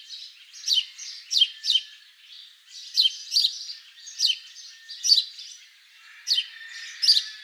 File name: Passer domesticus